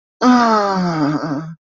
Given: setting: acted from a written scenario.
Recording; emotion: vocal sound without words; ecstasy